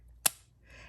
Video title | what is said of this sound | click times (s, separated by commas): IPSY June 2023 GlamBag & Boxycharm by IPSY InPerson SPOILERS #giftedbyipsy @ipsydotcom @BoxyCharm | This also has a metal closure. So I'm going to stop talking so you guys can hear the click. | 0.3 s